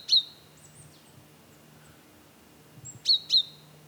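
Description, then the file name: Great tit single sharp note, then a quiet gap before a doubled pair of bright call notes near the end, with a low steady hum beneath. "Parus major"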